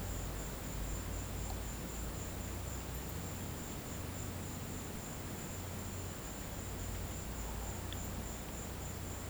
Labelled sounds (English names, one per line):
none